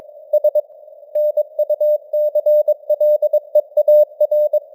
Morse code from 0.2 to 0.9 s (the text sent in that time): S